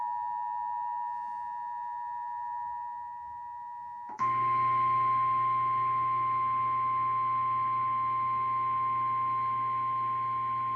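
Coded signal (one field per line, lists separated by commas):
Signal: Emergency Alert System (SAME) tones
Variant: 853 and 960 Hz attention tone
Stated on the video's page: EAS severe thunderstorm warning carried on Spectrum Cable in Akron, Ohio.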